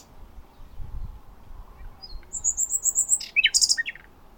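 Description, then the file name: Common nightingale song: a rapid string of high, even, repeated notes followed by a sudden burst of harsh, buzzy notes, with low background rumble. "Luscinia megarhynchos"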